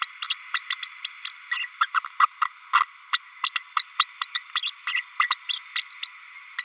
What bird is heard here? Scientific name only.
Forpus passerinus